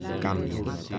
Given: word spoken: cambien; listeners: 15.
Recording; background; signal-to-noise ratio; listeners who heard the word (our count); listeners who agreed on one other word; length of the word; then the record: one Spanish word in noise, from a listening test; eight-talker babble; -0.2 dB; 0 of 15; 7 of 15; 0.59 s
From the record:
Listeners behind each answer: 7, 3, 2, 1, 1, 1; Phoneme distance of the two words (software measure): 20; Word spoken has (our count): 2 syllables, 7 phonemes, stress on syllable 1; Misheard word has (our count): 2 syllables, 7 phonemes, stress on syllable 1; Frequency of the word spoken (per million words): 2.80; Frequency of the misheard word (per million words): 123.79